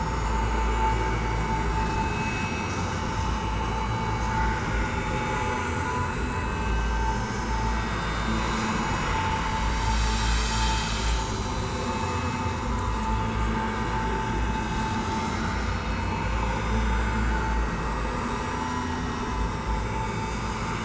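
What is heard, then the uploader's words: A freight train rolls past near Kingman, Arizona, as a dense, steady roar with heavy low rumbling throughout. A thin, high whine runs faintly underneath, and the noise brightens with more hiss around ten to eleven seconds before settling back. Freight Train with Siren Passes in Desert, Near Kingman, Arizona.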